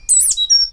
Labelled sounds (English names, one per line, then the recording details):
Stitchbird song
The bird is a male
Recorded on Tiritiri Matangi Island, New Zealand, in 2005
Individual 8, of nest box 10